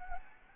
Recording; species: mosquito wingbeat signal from an infrared sensor; Anopheles gambiae